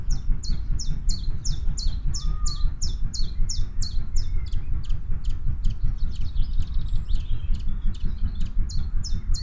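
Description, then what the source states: Common chiffchaff song: a long run of sharp, high, downslurred notes repeated about three per second, briefly joined by another bird's fast trill near the end. Song of an adult bird.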